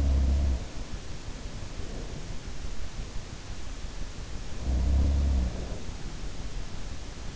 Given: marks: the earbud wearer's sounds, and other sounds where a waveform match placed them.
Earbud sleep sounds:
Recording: sounds in sleep by an in-ear microphone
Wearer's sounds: breath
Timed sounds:
0.00-0.67 s: sound from someone else or the room
0.80-2.35 s: breath
4.48-5.84 s: sound from someone else or the room

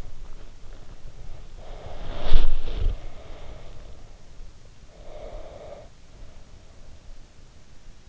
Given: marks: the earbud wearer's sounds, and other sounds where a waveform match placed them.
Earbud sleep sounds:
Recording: sounds in sleep by an in-ear microphone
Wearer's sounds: breath, body movement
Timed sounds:
1.48-4.07 s: breath
2.01-3.17 s: body movement
4.96-6.43 s: breath

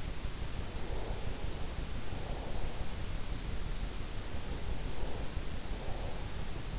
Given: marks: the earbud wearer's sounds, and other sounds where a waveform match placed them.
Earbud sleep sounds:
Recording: sounds in sleep by an in-ear microphone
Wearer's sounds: breath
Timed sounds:
0.12-3.61 s: breath
3.95-6.58 s: breath

